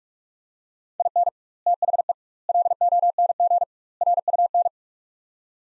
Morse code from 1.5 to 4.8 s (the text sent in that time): THE LONG RUN